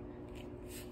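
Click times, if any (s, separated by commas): none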